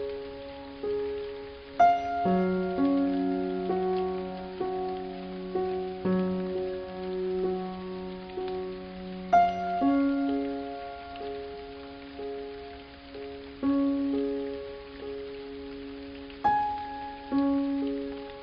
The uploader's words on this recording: Relaxing Music with Rain Sounds Meditation.